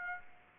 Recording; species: mosquito wingbeat signal from an infrared sensor; Aedes aegypti